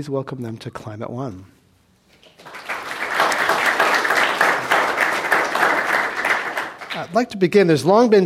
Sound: applause